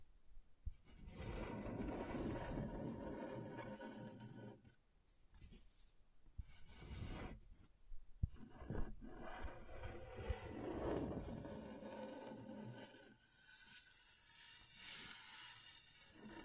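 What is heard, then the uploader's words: Scratchboard being scraped in long, rough, gritty strokes, mostly continuous from the start to about four seconds and again from eight to thirteen seconds. Short choppy scrapes and brief pauses fall in between, with a few sharp clicks. The sound ends in lighter, uneven scratching. ASMR Brain Tingling Scratchboard (No Talking).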